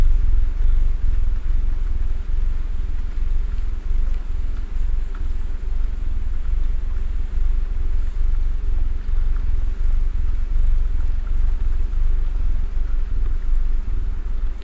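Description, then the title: Domestic cat purring, steady deep rumble rising and falling with each breath, with no other clear sounds. Domestic cat purring while snuggling. "ASMR Cat Snuggles REAL PURRING"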